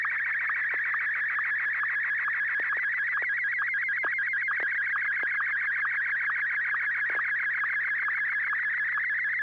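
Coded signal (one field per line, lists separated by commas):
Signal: SSTV (slow-scan television)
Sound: continuous warbling, rapidly wavering tone around 2 kHz with occasional brief drops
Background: low hum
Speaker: N6yg. He's first up. Like I said, he didn't skip a beat. So, uh, I'm sure he's got something ready for us. So, if you are ready, George, go ahead and send.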